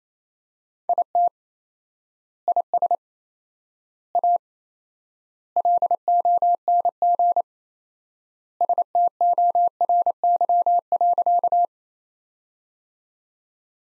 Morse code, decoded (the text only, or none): IT IS A LONG STORY.